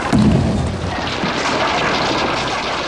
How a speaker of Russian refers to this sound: Ломают старый дом. Через открытое окно машины мужчина печально смотрит на то, как чугунная баба и ковш экскаватора крушат старое здание.